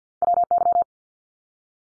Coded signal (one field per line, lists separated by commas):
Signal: Morse code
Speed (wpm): 50 wpm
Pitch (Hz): 700 Hz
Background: none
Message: WY